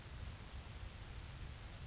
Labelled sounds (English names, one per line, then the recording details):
Grasshopper Sparrow
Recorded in Sonoma County, California